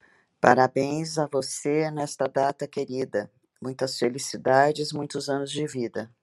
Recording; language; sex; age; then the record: short text; Brazilian Portuguese; female; 60 to 69 years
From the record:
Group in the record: control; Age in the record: 60 years